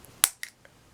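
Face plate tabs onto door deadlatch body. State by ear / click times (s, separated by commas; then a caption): seated / 0.2 s. A reused metal face plate with tabs is set over a Kwikset exterior door deadlatch body, the other half is placed over the top, and the two are squeezed together by hand. A sharp, bright snap at 0.2 s marks the face plate popping into place on the latch body, followed by a softer click at 0.4 s and faint ticks. The face plate is seated on the deadlatch.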